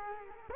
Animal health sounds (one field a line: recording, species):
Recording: mosquito wingbeat signal from an infrared sensor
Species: Culex quinquefasciatus